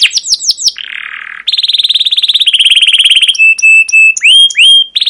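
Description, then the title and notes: Canary song: falling chirps, a buzzy rasp, long rapid trills and repeated steady whistles ending in upward slurred notes. Long, lively canary song with 'cuit cuit' chirps and rolls ('ngerol'), used as a lure (pancingan) and tutor recording (masteran) for young canaries learning to sing. "CUIT CUIT NGEROL LANGSUNG GACOR PANJANG Kenari Ini AMPUH Utk Pancingan KENAR. PANCINGAN Kenari GACOR PANJANG Cuit CUIT EMOSI ini AMPUH utk MASTERAN Kenari PAUD belajar BUNYI. burung kenari"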